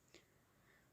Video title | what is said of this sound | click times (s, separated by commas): घंटो का काम मिनटो मे new stand mixer kaisa? Unboxing Review +Dinner🧿मलाई से ghee & paneer🧿 Dal palak | अब ये यहां पर ऊपर लगाने के लिए ऐसे हुक बना है और इसको जैसे ही अंदर डाल के य ट्विस्ट करते हैं एकदम फिक्स हो जाता है | 0.1 s